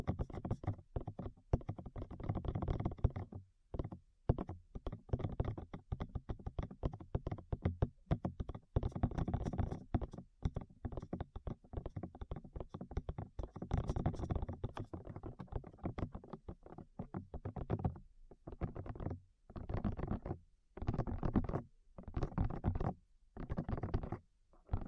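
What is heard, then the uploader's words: Ears being tapped make a dense run of muffled, low thumps, fast and irregular, blurring together for long stretches. After about seventeen seconds the tapping breaks into shorter bursts with brief silences between them, each burst still dull and bass-heavy. ASMR Tap Your Ears 3Dio (No Talking).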